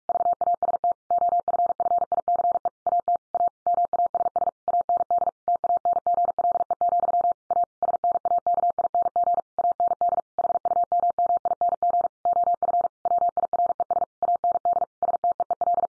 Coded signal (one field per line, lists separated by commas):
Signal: Morse code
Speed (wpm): 44 wpm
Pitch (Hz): 700 Hz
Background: none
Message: VAST OFFICE AT A MASS AND TANGLE, A SNAKING AND HUMMING OF WIRES AND STEEL